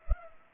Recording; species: mosquito wingbeat signal from an infrared sensor; Culex pipiens